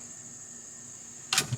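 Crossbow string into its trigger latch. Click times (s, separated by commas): 1.3 s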